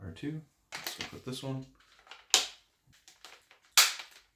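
A plastic track piece is pushed into a Hot Wheels Whip Around Raceway playset while someone talks, and it clicks in with a sharp, loud click at 2.3 s. A second strong transient follows around 3.8 s, and the piece is seated.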